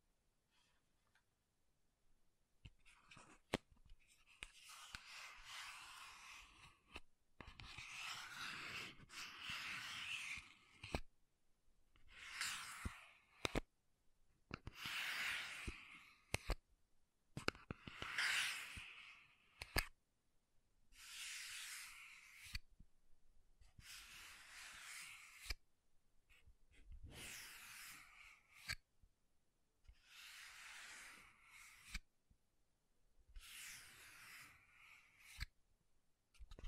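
Makeup tapping and scratching comes in repeated bursts, each a soft, hissy rustle lasting a second or two, separated by short silences. Sharp taps punctuate the scratching throughout. The pattern stays fairly regular across the whole stretch, with no other sounds behind it.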